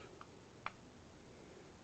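A Spyderco folding knife is flicked open and its blade snaps into its compression lock, giving two sharp clicks at 0.2 s and a louder one at 0.7 s over a faint steady hiss. The blade lock engages and the blade is seated open.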